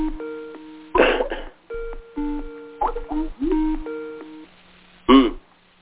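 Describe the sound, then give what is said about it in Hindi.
A phone rings with an incoming call from India, a repeating electronic tone pattern of steady beeping chimes cycling several times while short bursts of voices cut in over it. “ओहो किसी दूसरे का अभी हो रहा है और इंडिया से फोन आ रहा समझ गया।”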